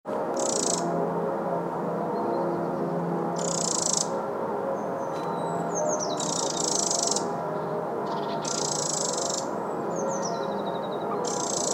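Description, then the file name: Eurasian wren giving high, dry buzzing rattles, several in all, separated by sliding thin chirps and faint high notes, against constant low roaring noise. "Troglodytes troglodytes"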